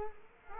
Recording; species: mosquito wingbeat signal from an infrared sensor; Culex quinquefasciatus